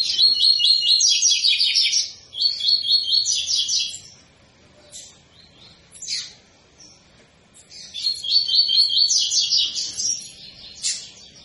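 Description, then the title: Double-collared seedeater song: loud rapid trilled phrases of repeated high notes, with short sharp chips between them and a brief quiet gap. Tui-tui song style, used as a tutor song for teaching young birds. "COLEIRO TUI TUI FIBRA CANTO PROFESSOR"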